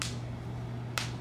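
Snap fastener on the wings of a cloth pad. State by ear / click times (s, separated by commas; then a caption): seated / 0.0 s, 1.0 s. The plastic or metal snap fastener on the wings of a reusable cloth menstrual pad is pressed closed, making two short, sharp snaps at 0.0 and 1.0 seconds over a quiet, steady low hum. The snap clicks shut and is fastened.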